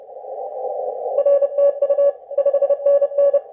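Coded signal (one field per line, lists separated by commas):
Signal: Morse code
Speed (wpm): 29 wpm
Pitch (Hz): 560 Hz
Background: none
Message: R TU 5NN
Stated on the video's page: CQ WPX CW contest contacts worked through a Remote Ham Radio contest station, heard on laptop speakers without headphones, making copy difficult.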